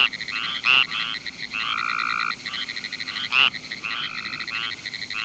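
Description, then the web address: Tree frog calls, short harmonic notes with brighter squeaky peaks, two broad clicks and a sustained lower tone partway through. "frogs Family Hylidae"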